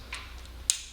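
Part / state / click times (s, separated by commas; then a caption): wiring harness connector onto ignition coil / seated / 0.7 s. A wiring harness connector is pushed onto a plastic ignition coil connector on a 2010 Toyota Prius after a spark plug change. A faint tick at 0.1 s is followed by a sharp click at 0.7 s as the connector seats fully.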